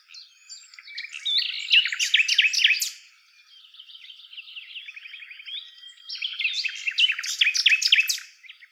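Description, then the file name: Common nightingale song: rich bursts of rapid repeated notes and whistles in two loud phrases separated by a quieter buzzy passage, all high-pitched and varied. "Luscinia megarhynchos"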